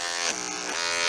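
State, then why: Not seated. A running clipper buzzes steadily while a sharpened, hot detachable clipper blade is tried on the clipper hinge. The motor pitch dips briefly around 0.3 to 0.8 seconds. No click is heard, and the blade has not latched.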